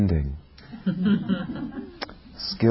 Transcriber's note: laughter